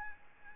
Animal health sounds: mosquito wingbeat signal from an infrared sensor; Aedes albopictus

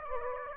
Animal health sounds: mosquito wingbeat signal from an infrared sensor; Aedes aegypti

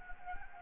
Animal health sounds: mosquito wingbeat signal from an infrared sensor; Anopheles gambiae

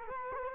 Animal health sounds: mosquito wingbeat signal from an infrared sensor; Culex quinquefasciatus

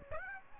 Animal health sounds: mosquito wingbeat signal from an infrared sensor; Aedes aegypti

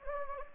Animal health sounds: mosquito wingbeat signal from an infrared sensor; Anopheles gambiae

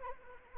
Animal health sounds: mosquito wingbeat signal from an infrared sensor; Anopheles arabiensis

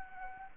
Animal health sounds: mosquito wingbeat signal from an infrared sensor; Anopheles gambiae

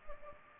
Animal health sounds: mosquito wingbeat signal from an infrared sensor; Culex pipiens

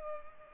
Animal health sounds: mosquito wingbeat signal from an infrared sensor; Culex pipiens

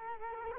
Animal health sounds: mosquito wingbeat signal from an infrared sensor; Culex quinquefasciatus

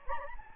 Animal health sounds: mosquito wingbeat signal from an infrared sensor; Anopheles gambiae

